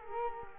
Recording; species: mosquito wingbeat signal from an infrared sensor; Culex quinquefasciatus